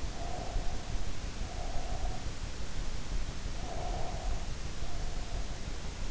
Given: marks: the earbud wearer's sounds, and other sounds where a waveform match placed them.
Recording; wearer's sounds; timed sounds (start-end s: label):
sounds in sleep by an in-ear microphone; breath
0.00-2.37 s: breath
3.61-5.56 s: breath